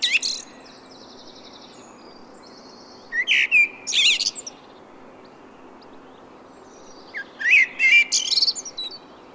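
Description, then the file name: Common blackbird song in two main bursts, whistled notes mixed with shrill, jumbled twittering, opened by a brief high fragment, over a soft steady hiss. "Turdus merula"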